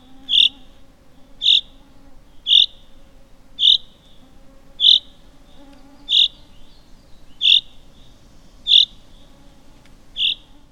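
Common chaffinch calling with short, bright, high notes repeated about every second in a regular series, with a soft low background hum.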